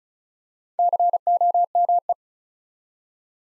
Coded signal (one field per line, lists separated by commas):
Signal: Morse code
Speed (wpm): 36 wpm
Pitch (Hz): 700 Hz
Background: none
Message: COME